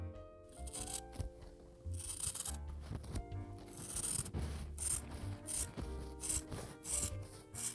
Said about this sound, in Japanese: わかる？ ハサミで 布を切る音。